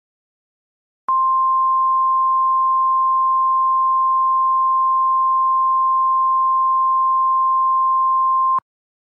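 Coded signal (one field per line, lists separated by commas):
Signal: Emergency Alert System (SAME) tones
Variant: 1050 Hz attention tone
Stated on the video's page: Fictional EAS scenario series.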